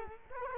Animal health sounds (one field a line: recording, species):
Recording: mosquito wingbeat signal from an infrared sensor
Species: Culex quinquefasciatus